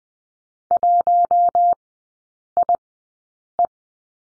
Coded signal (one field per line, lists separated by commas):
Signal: Morse code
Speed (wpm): 20 wpm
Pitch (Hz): 700 Hz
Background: none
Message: 1IE